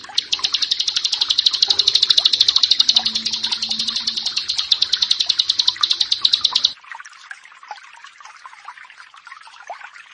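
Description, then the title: Bar-winged prinia delivering a fast, dense series of high chipping notes that stops abruptly partway, leaving only faint chirps afterward. "Ciblek Sawah"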